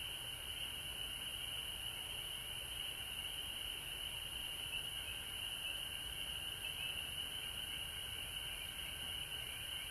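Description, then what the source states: Frogs calling together in a continuous shrill chorus, with a persistent high-pitched hiss and a faint low rumble beneath. Recorded at home in Georgia on March 19, 2020.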